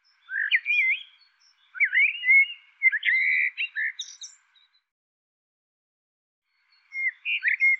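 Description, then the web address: Bird delivering a run of warbled, bending notes for several seconds, a silence, then a short closing phrase of chirps. "cianscape birddata Deverinetal 2025 File cleaned normalized Bird Tu Me Tu Me"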